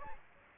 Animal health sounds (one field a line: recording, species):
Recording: mosquito wingbeat signal from an infrared sensor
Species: Aedes aegypti